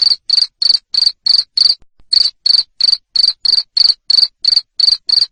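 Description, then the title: Cricket calling in loud high chirps, around three each second, interrupted once by a short gap near the middle. Loud cricket chirping (jangkrik ngerik) played to stimulate lovebirds into continuous singing (ngekek). "Suara JANGKRIK NGERIK Keras Bikin LOVEBIRD Jadi NGEKEK Terus Vubey"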